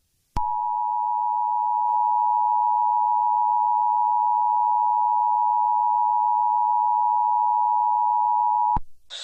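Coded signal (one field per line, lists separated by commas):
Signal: Emergency Alert System (SAME) tones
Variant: 853 and 960 Hz attention tone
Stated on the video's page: Fictional EAS scenario, a simulated recreation rather than a real alert.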